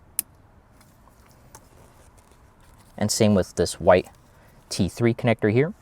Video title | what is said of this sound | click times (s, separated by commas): Make Your Tacoma Sound Like a Million Bucks! - Encore X Amplifier | Make sure you hear that click. | 0.2 s